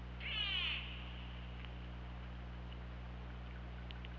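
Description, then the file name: Killer whale pulsed call, a single short burst with stacked harmonic bands over steady low underwater hum. Recorded at OrcaLab on 24 August 2017. "Orca Lab UTLN JASON 20170824"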